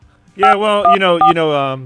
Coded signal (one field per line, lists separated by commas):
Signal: DTMF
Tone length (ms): 120 ms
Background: speech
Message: 514